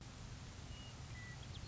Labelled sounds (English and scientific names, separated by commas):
Western Meadowlark (Sturnella neglecta)